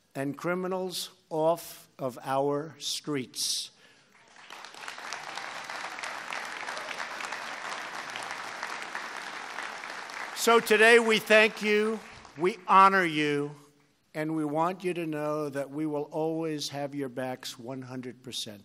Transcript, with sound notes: and criminals off of our streets. (Applause.) So today, we thank you, we honor you, and we want you to know that we will always have your backs 100 percent.